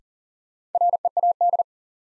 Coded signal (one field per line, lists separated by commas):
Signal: Morse code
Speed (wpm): 40 wpm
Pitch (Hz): 700 Hz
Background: none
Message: READ